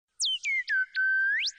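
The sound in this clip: Bird call: three quick whistled notes, each sliding down from high to lower pitch, then a long steady whistle that sweeps sharply upward at the end.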